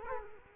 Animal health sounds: mosquito wingbeat signal from an infrared sensor; Culex quinquefasciatus

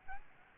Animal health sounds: mosquito wingbeat signal from an infrared sensor; Aedes albopictus

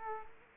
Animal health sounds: mosquito wingbeat signal from an infrared sensor; Culex quinquefasciatus

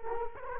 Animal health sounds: mosquito wingbeat signal from an infrared sensor; Culex quinquefasciatus

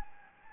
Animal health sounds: mosquito wingbeat signal from an infrared sensor; Anopheles gambiae

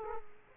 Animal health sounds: mosquito wingbeat signal from an infrared sensor; Aedes aegypti

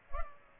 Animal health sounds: mosquito wingbeat signal from an infrared sensor; Culex pipiens

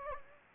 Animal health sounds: mosquito wingbeat signal from an infrared sensor; Anopheles gambiae

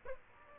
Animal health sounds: mosquito wingbeat signal from an infrared sensor; Aedes aegypti

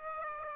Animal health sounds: mosquito wingbeat signal from an infrared sensor; Aedes aegypti

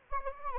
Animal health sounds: mosquito wingbeat signal from an infrared sensor; Anopheles gambiae

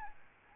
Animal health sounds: mosquito wingbeat signal from an infrared sensor; Aedes albopictus

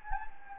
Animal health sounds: mosquito wingbeat signal from an infrared sensor; Anopheles gambiae

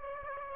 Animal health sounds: mosquito wingbeat signal from an infrared sensor; Aedes aegypti

